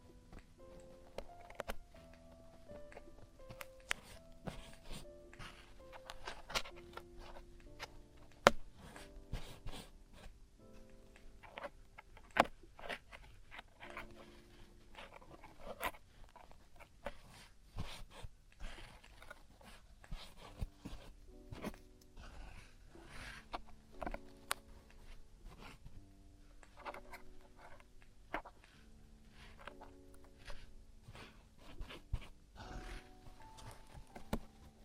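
Traditional Chinese ear cleaning and earwax removal, heard as frequent sharp clicks, scrapes and rustles scattered irregularly through the whole half minute. Underneath, a soft melody of held notes steps up and down steadily, never stopping.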